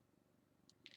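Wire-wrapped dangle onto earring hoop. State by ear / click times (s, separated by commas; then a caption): seated / 0.9 s. A wire-wrapped caged dangle is pushed onto a larger earring hoop while a cat purrs low in the background. A faint tick comes at 0.7 s, then a sharp, short click at 0.9 s as the dangle pops into place, followed by a few softer ticks. The component is seated on the hoop.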